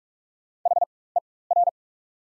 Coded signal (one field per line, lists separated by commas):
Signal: Morse code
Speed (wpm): 44 wpm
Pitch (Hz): 700 Hz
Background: none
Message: HER